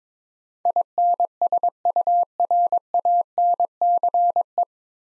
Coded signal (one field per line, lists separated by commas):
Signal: Morse code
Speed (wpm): 22 wpm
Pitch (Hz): 700 Hz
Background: none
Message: INSURANCE